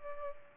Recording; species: mosquito wingbeat signal from an infrared sensor; Culex pipiens